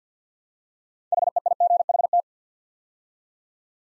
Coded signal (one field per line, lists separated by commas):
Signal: Morse code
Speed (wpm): 50 wpm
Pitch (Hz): 700 Hz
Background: none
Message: HEIGHT